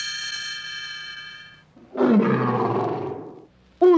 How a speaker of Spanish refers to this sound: terrible rugido estremeció la cueva. Aquel no era el osito. Era mamá osa quien el niño había atrapado.